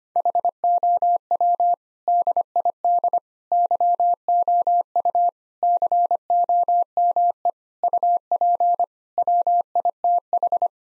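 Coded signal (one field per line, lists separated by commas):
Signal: Morse code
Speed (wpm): 25 wpm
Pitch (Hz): 700 Hz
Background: none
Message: HOW DID YOU COME UP WITH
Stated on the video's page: Morse code practice at 25 wpm: sentences built from common seven-word phrases, each sent, then spoken, then sent again, for head-copy training.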